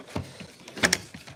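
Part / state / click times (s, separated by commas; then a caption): crankcase vent hose connector onto intake/engine fitting / seated / 0.9 s. A new plastic PCV/CCV crankcase vent hose end is pushed onto its intake/engine fitting on a BMW 325xi being converted to a 330xi with a 3-stage intake manifold. A soft bump at 0.2 s is followed by two sharp, faint clicks close together at about 0.9 s, as the connector snaps fully into place and is seated.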